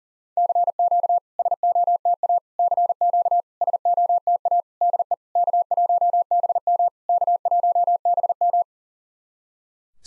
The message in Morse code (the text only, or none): CQ SOTA CQ SOTA DE K1BM K1BM